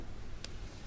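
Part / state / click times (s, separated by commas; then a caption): plastic seal onto food storage canister rim / not seated / none. A flexible plastic seal is pressed onto the short sides of a Tupperware Baseline plastic food storage canister, with a brief sharp sound near 0.5 s and another at the very end around 0.9 s. The seal is handled but not yet home; nothing has seated or clicked yet.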